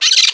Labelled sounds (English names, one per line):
Brown-throated Parakeet contact call